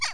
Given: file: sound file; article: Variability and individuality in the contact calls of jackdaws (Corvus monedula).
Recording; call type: jackdaw call; harmonic